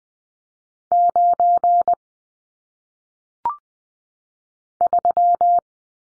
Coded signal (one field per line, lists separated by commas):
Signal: Morse code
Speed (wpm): 20 wpm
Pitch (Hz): 700 Hz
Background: none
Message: 9 3